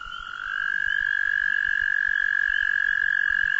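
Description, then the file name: Frog producing a sustained, even, high-pitched trill that swells in at the start and holds steady, with soft low background rumble. Recorded at Browns Creek; described as frog songs. "browns creek audio station frog songs"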